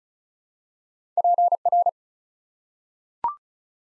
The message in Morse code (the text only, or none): PR